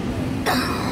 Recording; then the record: coughing mixed with background sound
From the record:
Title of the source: choking, hacking coughing